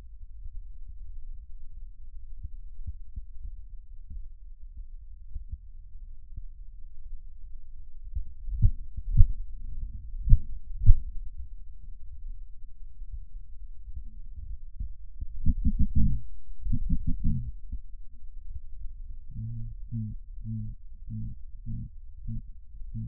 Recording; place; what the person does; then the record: lung sounds by stethoscope; right posterior apical chest; quiet breathing, then cough and speech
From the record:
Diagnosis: none (healthy); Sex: male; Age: 23 years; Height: 185 cm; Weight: 93 kg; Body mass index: 27.2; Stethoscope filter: bell mode